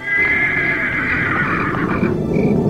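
horse neighing

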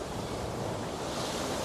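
ocean waves crashing

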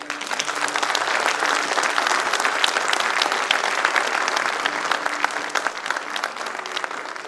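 audience applause

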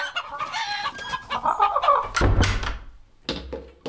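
chickens clucking

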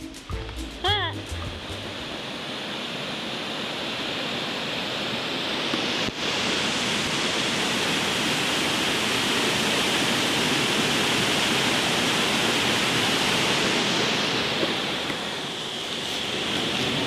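rushing waterfall

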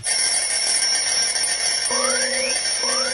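alarm clock ringing

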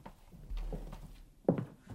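door being opened

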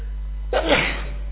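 sneeze

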